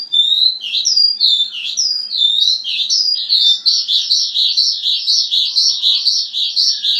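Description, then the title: Javan bush lark song opening with descending slurred whistles, then turning into a rapid, rhythmic series of repeated pulsed notes. "Suara Burung Branjangan"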